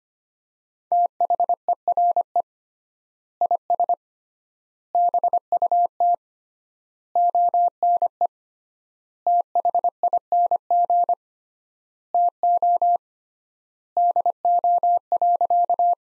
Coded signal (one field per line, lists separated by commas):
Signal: Morse code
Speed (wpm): 25 wpm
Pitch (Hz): 700 Hz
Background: none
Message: THERE IS BUT ONE THING TO DO.